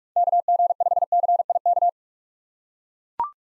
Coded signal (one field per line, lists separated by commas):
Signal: Morse code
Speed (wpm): 44 wpm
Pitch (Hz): 700 Hz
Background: none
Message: KG5CIK